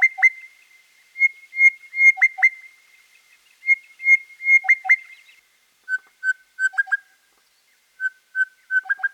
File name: crested bellbird